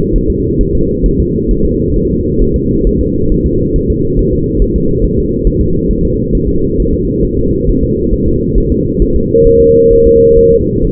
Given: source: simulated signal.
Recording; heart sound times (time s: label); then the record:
fetal heart sounds
0.16 s: S1
0.30 s: S2
0.61 s: S1
0.75 s: S2
1.06 s: S1
1.20 s: S2
1.51 s: S1
1.65 s: S2
1.96 s: S1
2.11 s: S2
2.42 s: S1
2.56 s: S2
2.87 s: S1
3.01 s: S2
3.32 s: S1
3.46 s: S2
3.76 s: S1
3.90 s: S2
4.19 s: S1
4.33 s: S2
4.62 s: S1
4.76 s: S2
5.04 s: S1
5.19 s: S2
5.47 s: S1
5.61 s: S2
5.91 s: S1
6.05 s: S2
6.35 s: S1
6.49 s: S2
6.80 s: S1
6.94 s: S2
7.25 s: S1
7.39 s: S2
7.69 s: S1
7.83 s: S2
8.14 s: S1
8.28 s: S2
8.58 s: S1
8.72 s: S2
9.02 s: S1
9.16 s: S2
9.47 s: S1
9.61 s: S2
9.93 s: S1
10.07 s: S2
10.39 s: S1
10.53 s: S2
10.85 s: S1
From the record:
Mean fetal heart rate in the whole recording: 135 bpm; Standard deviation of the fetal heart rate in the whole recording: 3 bpm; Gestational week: 36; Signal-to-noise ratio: -15.3 dB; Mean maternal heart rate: 72 bpm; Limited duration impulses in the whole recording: present